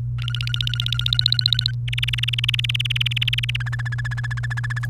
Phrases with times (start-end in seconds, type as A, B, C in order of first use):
0.18-1.71 A, 1.88-3.56 B, 3.60-4.86 C